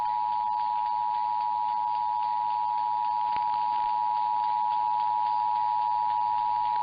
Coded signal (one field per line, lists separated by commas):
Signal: Emergency Alert System (SAME) tones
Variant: 853 and 960 Hz attention tone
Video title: San Diego Tested Almost at 2pm (EAS #22974-22991) 10/16/24